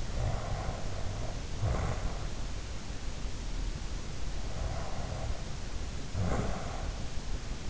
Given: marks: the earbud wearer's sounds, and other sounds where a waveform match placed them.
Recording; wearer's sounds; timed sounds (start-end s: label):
sounds in sleep by an in-ear microphone; snoring breath
0.00-2.21 s: snoring breath
4.47-7.02 s: snoring breath